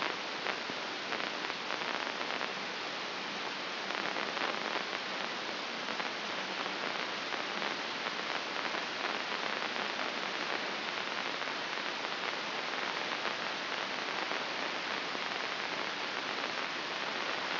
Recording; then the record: brain microelectrode recording played as sound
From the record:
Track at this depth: outside the subthalamic nucleus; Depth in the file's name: 6.414 mm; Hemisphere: left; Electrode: 2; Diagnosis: Parkinson's disease